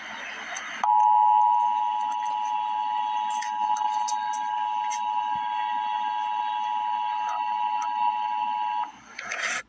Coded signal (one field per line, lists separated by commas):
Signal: Emergency Alert System (SAME) tones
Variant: 853 and 960 Hz attention tone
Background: speech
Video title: Emergency Alert System - Winter Storm Watch - Jan 17, 2024 at 2:30 PM EST